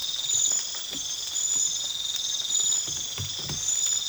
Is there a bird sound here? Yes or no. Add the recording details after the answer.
no. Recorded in pastures near Puerto Asís, Putumayo, Colombia, on 8 March 2025 at 00:00. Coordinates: 0.487, -76.322. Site G077